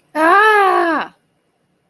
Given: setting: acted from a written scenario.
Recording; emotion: vocal sound without words; anger